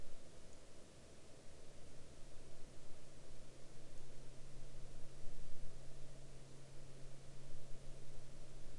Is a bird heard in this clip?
no